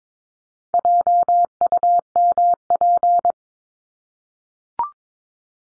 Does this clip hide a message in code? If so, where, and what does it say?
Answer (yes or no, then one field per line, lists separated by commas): yes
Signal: Morse code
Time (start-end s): 0.7-3.3 s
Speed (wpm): 22 wpm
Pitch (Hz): 700 Hz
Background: none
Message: JUMP